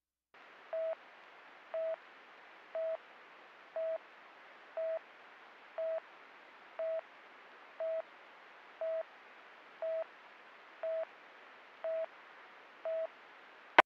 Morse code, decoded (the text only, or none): none